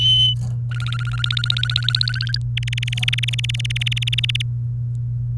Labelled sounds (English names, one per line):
Domestic Canary song